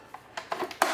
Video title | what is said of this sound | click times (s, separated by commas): Tesla Balance Bike for Kids - Official $225 Magnesium Frame Review | there's another level, locks into place, so someone who's a little bit taller like myself can ride it in this position. | 0.8 s